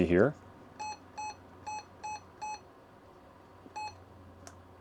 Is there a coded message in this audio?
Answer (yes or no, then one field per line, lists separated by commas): no